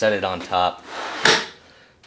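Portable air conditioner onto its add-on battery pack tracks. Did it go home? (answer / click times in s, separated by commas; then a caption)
yes / 1.3 s. Someone talks while an EcoFlow Wave 2 portable air conditioner and heater is set on top of its add-on battery pack tracks and slid forward. A sharp click at 1.3 s marks the unit locking into the battery mount, and it is seated.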